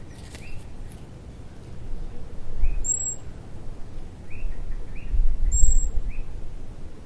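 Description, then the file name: Common blackbird giving two thin, high, drawn-out seee calls and a few scattered soft short notes, with steady low background noise throughout. "Turdus merula"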